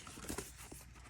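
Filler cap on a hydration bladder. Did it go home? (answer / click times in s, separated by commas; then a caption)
no / none. A filler cap on a TRU ACTiV HydraPouch hydration bladder is turned clockwise straight away, without first being backed off counterclockwise to the click, giving soft crinkly rubbing with a brief louder scrape around 0.3 s. The cap only feels tight; nothing has seated or clicked yet, so it is not seated properly and will leak.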